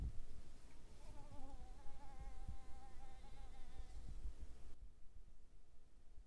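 Mosquito whine, a high wavering buzz that fades in and out for a few seconds before stopping, over a steady low rumble.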